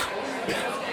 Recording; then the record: coughing mixed with background sound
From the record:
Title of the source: 64 coughing, allergies, singing lungs